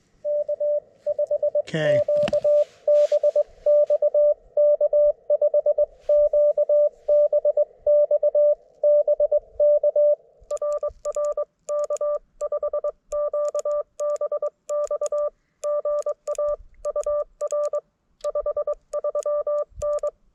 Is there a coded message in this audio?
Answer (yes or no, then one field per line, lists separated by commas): yes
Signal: Morse code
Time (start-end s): 0.3-20.1 s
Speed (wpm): 22 wpm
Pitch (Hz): 590 Hz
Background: radio noise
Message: K5QBX K5QBX BK RR K5QBX GA UR 53N